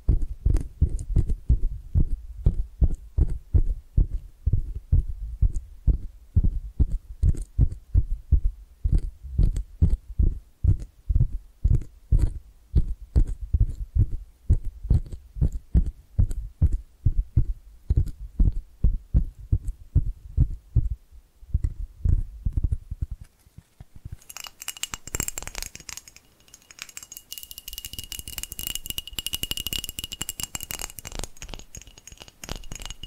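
Tapping triggers with rapid, steady low thumps, several per second, for the first twenty-odd seconds, growing sparser and uneven near 21 seconds. Around 24 seconds the tapping stops and a bright, hissy scratching texture with a high steady tone takes over to the end.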